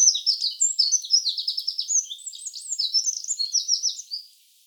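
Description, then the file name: Eurasian wren song, an energetic stream of high rattling trills and sharp notes, fading out near the end. "Troglodytes troglodytes"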